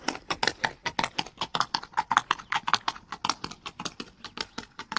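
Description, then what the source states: Horse hoofbeats, a fast run of sharp, clattering clops, loud and steady throughout. Horse running.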